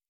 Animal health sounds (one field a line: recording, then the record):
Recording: hydrophone in a shrimp aquaculture tank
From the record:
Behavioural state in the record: normal